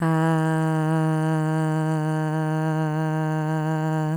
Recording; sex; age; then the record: sustained vowel /a/; female; 20 to 29 years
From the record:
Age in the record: 25 years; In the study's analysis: included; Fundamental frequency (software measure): 156 Hz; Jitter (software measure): 0.30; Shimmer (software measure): 0.97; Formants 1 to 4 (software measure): 842 Hz, 1611 Hz, 2921 Hz, 4664 Hz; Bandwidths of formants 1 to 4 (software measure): 257 Hz, 202 Hz, 222 Hz, 323 Hz